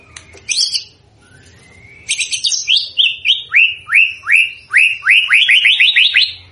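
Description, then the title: White-rumped shama song, a rising glide then a run of loud downslurred whistles that quicken into a rapid series at the end. Lure played to make the bird respond; singing energetically (gacor). "PANCINGAN MURAI BATU GACOR"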